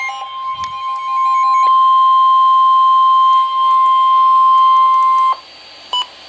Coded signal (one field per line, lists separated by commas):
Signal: Emergency Alert System (SAME) tones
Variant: 1050 Hz attention tone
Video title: NOAA - Special Marine Warning (EAS #983)